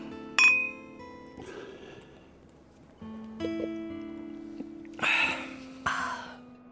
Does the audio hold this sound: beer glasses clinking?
yes